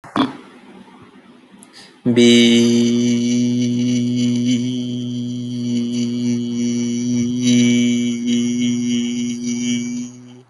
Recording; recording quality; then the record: sustained vowel as in beet; moderate, slight background noise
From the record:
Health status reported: healthy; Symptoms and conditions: none ticked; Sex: male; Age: 25 years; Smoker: not ticked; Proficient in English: yes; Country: India